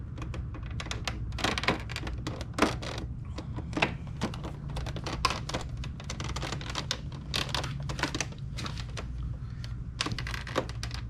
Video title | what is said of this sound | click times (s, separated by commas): Electrical Connection 03215 Honda Goldwing GL1800 / F6B Bluetooth Aux Audio Receiver for 01-17 | then we'll just go down the whole thing and click it into place gently so it stays foreign | 1.7 s, 2.6 s, 3.8 s, 5.3 s, 6.9 s, 10.0 s